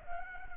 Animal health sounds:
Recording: mosquito wingbeat signal from an infrared sensor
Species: Culex quinquefasciatus

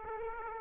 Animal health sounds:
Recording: mosquito wingbeat signal from an infrared sensor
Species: Aedes aegypti

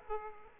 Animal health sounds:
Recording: mosquito wingbeat signal from an infrared sensor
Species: Aedes aegypti

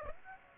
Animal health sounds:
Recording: mosquito wingbeat signal from an infrared sensor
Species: Aedes aegypti

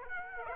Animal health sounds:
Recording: mosquito wingbeat signal from an infrared sensor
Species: Aedes aegypti

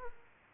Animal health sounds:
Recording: mosquito wingbeat signal from an infrared sensor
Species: Aedes aegypti

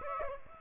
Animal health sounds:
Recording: mosquito wingbeat signal from an infrared sensor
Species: Aedes aegypti

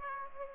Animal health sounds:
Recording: mosquito wingbeat signal from an infrared sensor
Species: Aedes aegypti

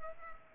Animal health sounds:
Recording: mosquito wingbeat signal from an infrared sensor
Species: Culex pipiens

